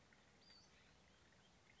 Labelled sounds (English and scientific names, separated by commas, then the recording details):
Western Flycatcher (Empidonax difficilis)
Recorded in Sonoma County, California